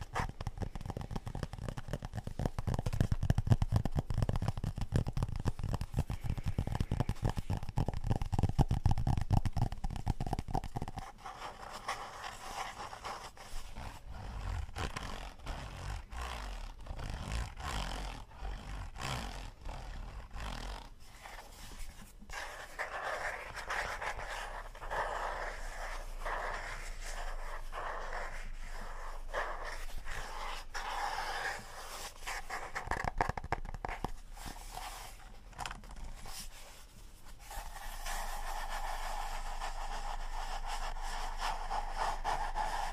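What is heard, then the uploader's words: Office objects are handled and explored, with dense scraping, rubbing and clicking throughout. The first ten seconds carry a heavier, low rumbling rub; after that the sounds turn lighter and brighter, with quick ticks and a few sharp knocks around thirty-three seconds. ASMR office stuff object exploration. Lid sounds, scratchy tapping.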